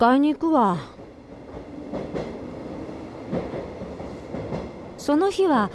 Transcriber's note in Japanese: 電車の進行音